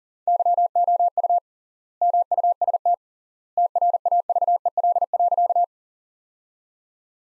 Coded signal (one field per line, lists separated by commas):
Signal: Morse code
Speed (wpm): 40 wpm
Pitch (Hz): 700 Hz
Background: none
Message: YOU MUST TRAVEL.